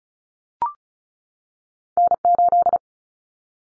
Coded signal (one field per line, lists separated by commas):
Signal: Morse code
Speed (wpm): 34 wpm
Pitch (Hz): 700 Hz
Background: none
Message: N8